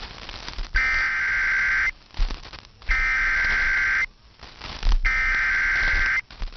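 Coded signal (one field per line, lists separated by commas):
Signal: Emergency Alert System (SAME) tones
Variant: header bursts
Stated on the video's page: EAS alerts received on a KiwiSDR.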